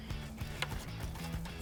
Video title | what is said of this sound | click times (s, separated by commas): 1987-2004 Mustang V8 Accel High Performance EV1 19lb Fuel Injectors Review & Install | It just pops right into place. | 0.6 s